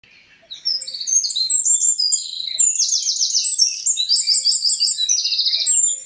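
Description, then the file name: Eurasian wren song bursting in after a brief pause: a long, very high, fast series of trills and rattling notes, loud and vigorous throughout. "Troglodytes troglodytes"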